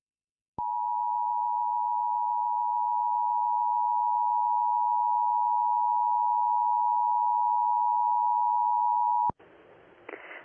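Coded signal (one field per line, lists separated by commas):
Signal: Emergency Alert System (SAME) tones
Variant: 853 and 960 Hz attention tone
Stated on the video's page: Weekly and monthly EAS tests received from broadcast stations.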